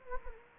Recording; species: mosquito wingbeat signal from an infrared sensor; Anopheles gambiae